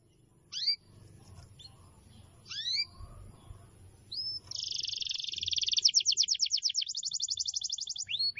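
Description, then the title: Canary giving a few scattered whistled chirps, then launching into a fast buzzy trill of rapidly repeated notes. Continuous long song of a singing canary, used as a lure and as a tutor for wild canaries. "Pikat Kenari GACOR PANJANG INI Cocok Untuk Masteran KENARI LIAR"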